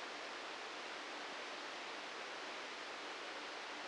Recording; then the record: brain microelectrode recording played as sound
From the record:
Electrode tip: outside the subthalamic nucleus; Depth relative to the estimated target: 2 mm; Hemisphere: right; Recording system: NeuroSet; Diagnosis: Parkinson's disease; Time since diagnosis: 9 years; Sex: male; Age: 61 years